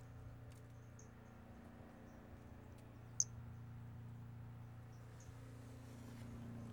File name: Brachycephalus albolineatus individual 14 collected MNRJ 90349